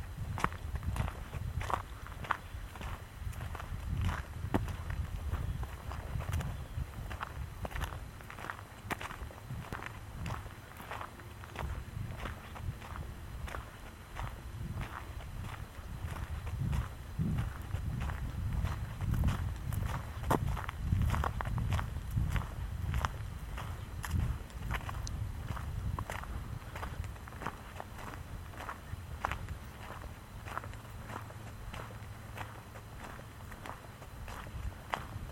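Footsteps crunch steadily along a trail in Michaux State Forest, a dense run of short, regular strikes that never lets up for the whole stretch. A low rumble sits underneath throughout, and a faint steady hiss runs high above the steps.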